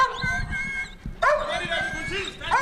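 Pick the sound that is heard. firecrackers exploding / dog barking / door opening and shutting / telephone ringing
dog barking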